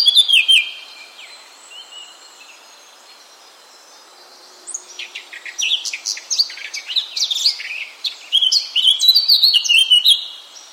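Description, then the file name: Eurasian blackcap singing: the end of one phrase, a pause of a few seconds, then a long, lively chattering warble. "Sylvia atricapilla"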